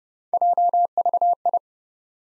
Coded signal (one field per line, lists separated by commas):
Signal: Morse code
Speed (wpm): 30 wpm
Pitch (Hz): 700 Hz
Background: none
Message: JVI